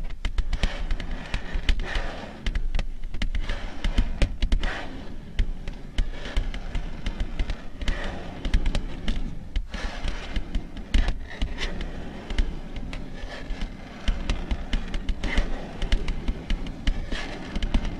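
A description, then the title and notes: Long nails tap and scratch in a slow, steady rhythm for the whole stretch. Sharp, bright clicks land every fraction of a second, with softer scratchy rustling filling the gaps, and a low rumble runs underneath. The loudness stays fairly even throughout. Soothing and relaxing slow, rhythmic long nail tapping and scratching ASMR sounds.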